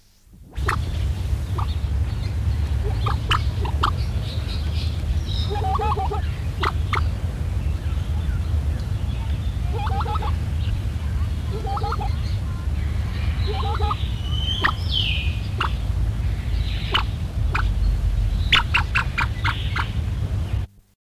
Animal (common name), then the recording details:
Reeves's Pheasant. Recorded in captivity. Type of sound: call. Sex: male. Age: adult. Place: Zoo Hannover, Niedersachsen, DE. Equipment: Halbspur, 9,5 cm/s. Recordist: Lütgens, Hans. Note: Rufe